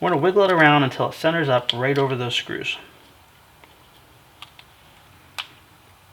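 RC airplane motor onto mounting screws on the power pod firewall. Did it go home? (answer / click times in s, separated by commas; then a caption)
yes / 5.4 s. Someone talks while a small brushless RC airplane motor is wiggled over the two screw heads on the firewall of a foam plane's power pod, using the 16 mm spacing, until it centers. A few faint ticks follow, then a sharp pop at 5.4 s as the motor drops onto the screws and seats.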